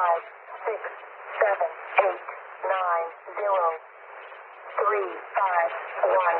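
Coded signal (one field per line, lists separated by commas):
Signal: numbers station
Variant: E05 Cynthia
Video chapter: 2:34 - Agent ID 351 018808z March 2002 Count 80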